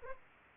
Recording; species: mosquito wingbeat signal from an infrared sensor; Anopheles arabiensis